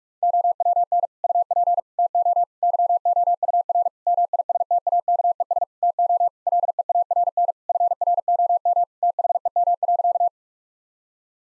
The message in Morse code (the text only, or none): OWN UP TO YOUR MISTAKES TO LEARN FROM THEM.